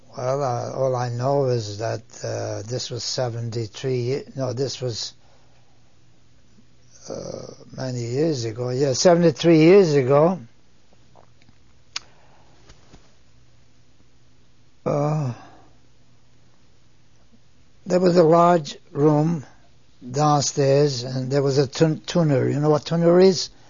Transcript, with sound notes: all I know was that this was seventy-three year, no, this was many years ago, yeah, seventy-three years ago. (he pauses) There was a large room downstairs, and there was a tunery, you know what tuneries?